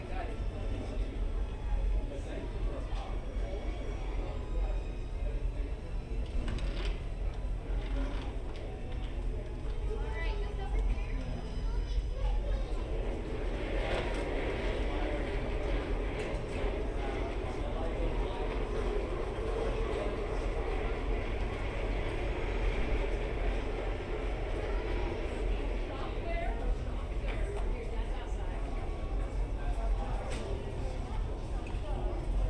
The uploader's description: the background music and sounds found in the hotel lobby, and surrounding area